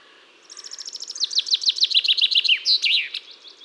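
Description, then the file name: Common chaffinch song: thin repeated notes lead into a cascading, falling trill and finish with an emphatic terminal flourish. "Fringilla coelebs"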